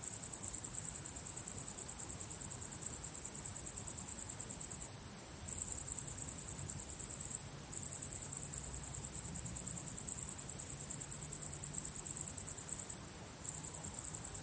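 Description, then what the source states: Crickets give a shrill pulsing trill that stops briefly around five, seven and a half and thirteen seconds, then picks up again each time. At sunset.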